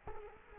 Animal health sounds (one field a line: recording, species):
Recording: mosquito wingbeat signal from an infrared sensor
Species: Culex quinquefasciatus